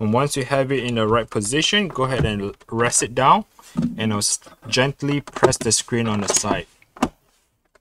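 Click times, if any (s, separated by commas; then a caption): 7.0 s. Someone talks while the screen panel of an HP Pavilion 24K002 all-in-one computer, during a CPU fan replacement, is aligned to the top edge, rested down onto the rear housing, and pressed gently at the side. Two quick clicks come at 7.0 s and 7.0 s as the plastic retaining clips snap back onto the base, a normal clicking noise that shows the screen panel is seated.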